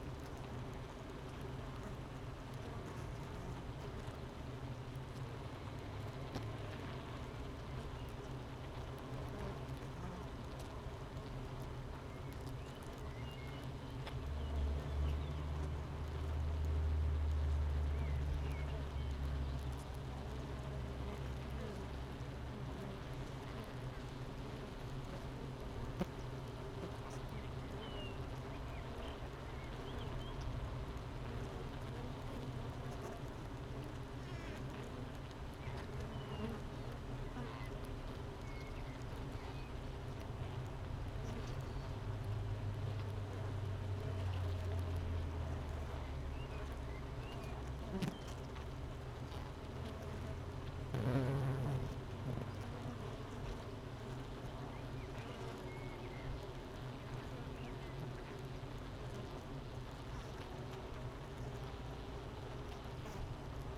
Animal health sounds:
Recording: honeybee colony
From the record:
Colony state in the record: missing queen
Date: 31 May 2018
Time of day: 9:32

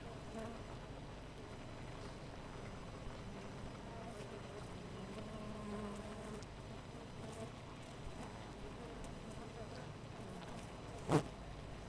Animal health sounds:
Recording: honeybee colony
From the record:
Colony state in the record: missing queen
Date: 14 July 2017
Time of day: 5:27

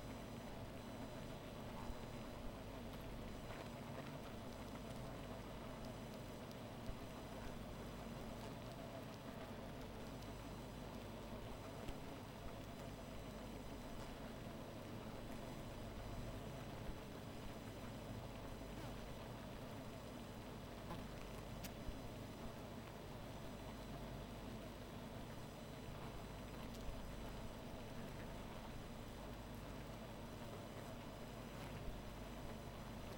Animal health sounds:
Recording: honeybee colony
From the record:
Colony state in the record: missing queen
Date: 14 July 2017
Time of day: 1:05

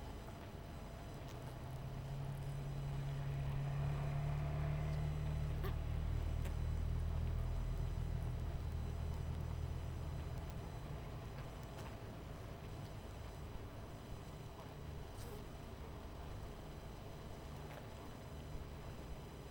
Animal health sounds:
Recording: honeybee colony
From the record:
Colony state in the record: missing queen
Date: 14 July 2017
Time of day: 22:25

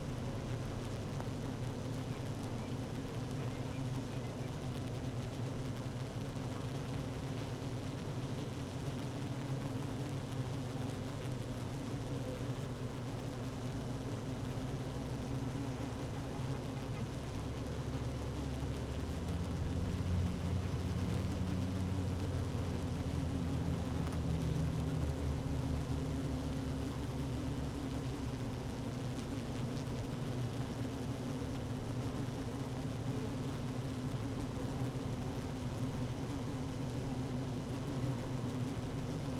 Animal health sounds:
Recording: honeybee colony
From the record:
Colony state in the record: active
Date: 12 June 2018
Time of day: 15:38

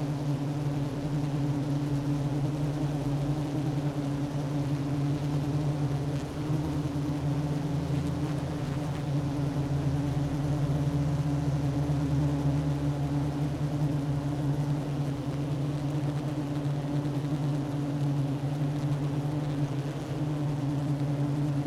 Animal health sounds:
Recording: honeybee colony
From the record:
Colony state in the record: active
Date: 12 June 2018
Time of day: 10:26

